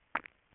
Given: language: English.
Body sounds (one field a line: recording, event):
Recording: throat vibration sensor signal played as sound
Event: swallow